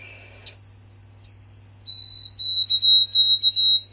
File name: White throated Sparrow